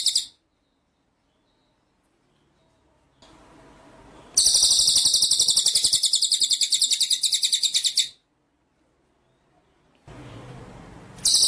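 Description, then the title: White-rumped shama giving a high, dense, rapidly pulsed trill of about four seconds between stretches of hiss, with another burst starting at the end. Masteran (training) song of white-rumped shama; full ngerol nembak style. "Masteran Murai Batu Full Ngerol Nembak"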